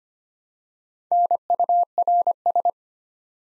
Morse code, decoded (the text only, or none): NURS